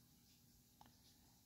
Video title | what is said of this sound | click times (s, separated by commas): Aircraft Automation SuperEco autopilot extension cable male end crimping. | Again, until it clicks. And that's it. | 0.8 s